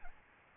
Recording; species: mosquito wingbeat signal from an infrared sensor; Aedes albopictus